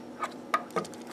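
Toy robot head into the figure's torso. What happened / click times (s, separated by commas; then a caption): Small plastic part handled, with sharp ticks that could be mistaken for seating / none. A plastic toy robot head on a KO MP-29 Destron Laserwave (Shockwave) transformer figure, pushed too far into the torso, is gripped by its ears and pulled back out toward its set position. A soft tap near 0.2 s is followed by two sharp plastic ticks at about 0.5 s and 0.8 s. Nothing has seated or clicked into place yet.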